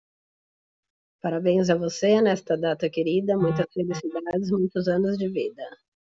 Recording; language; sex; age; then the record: short text; Brazilian Portuguese; female; 30 to 39 years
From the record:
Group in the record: control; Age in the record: 35 years